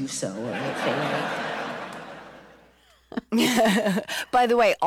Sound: laughter